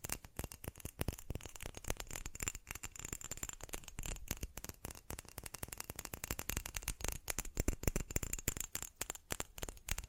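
Fast tapping runs without pause for the full ten seconds, dense clicky strikes landing many times per second in an uneven, flurried rhythm. Each tap is sharp and crisp, with a faint steady high whine sitting behind the clatter.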